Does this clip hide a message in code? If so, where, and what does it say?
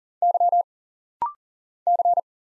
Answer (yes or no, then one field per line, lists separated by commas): yes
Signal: Morse code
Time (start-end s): 0.2-2.2 s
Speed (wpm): 39 wpm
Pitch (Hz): 700 Hz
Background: none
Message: Y C